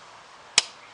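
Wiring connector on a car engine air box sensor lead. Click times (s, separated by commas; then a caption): 0.6 s. The electrical connector on the air box sensor lead of a Holden Captiva LTZ 2.2 turbo diesel engine is pushed back together after the air filter is replaced. A single sharp click sounds at 0.6 s against a quiet background, and the connector is seated.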